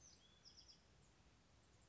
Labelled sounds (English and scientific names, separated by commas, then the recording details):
Bewick's Wren (Thryomanes bewickii)
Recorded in Sonoma County, California